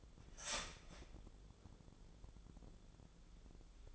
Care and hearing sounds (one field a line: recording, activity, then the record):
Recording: daily activity, microphone in the room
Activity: start toaster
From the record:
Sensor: 5